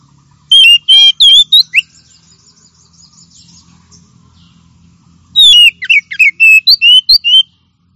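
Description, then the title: Oriental magpie-robin song in two bursts of loud varied whistles, slurred and warbled notes, separated by a pause with a faint high trill. Champion singing bird. "Kicau Burung Kacer Juara"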